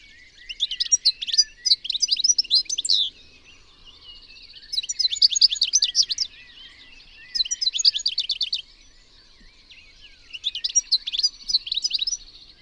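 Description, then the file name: European goldfinch delivering four lively bursts of liquid, jangling twitter, each lasting a couple of seconds, with brief quiet gaps between them. "Carduelis carduelis"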